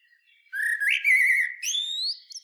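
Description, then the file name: Common blackbird song: a single mellow, slightly wavering whistled phrase that slides upward into a thin high squeak at the end. "Turdus merula"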